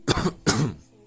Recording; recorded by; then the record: voluntary cough; messaging app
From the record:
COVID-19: negative